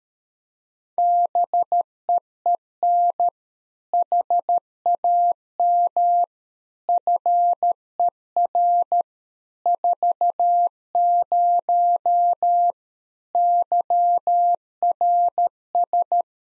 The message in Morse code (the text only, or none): BEEN HAM FER 40 YRS